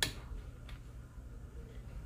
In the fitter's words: Once you heard the click, that means you already reached your desired torque.